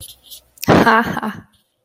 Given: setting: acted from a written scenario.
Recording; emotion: vocal sound without words; amusement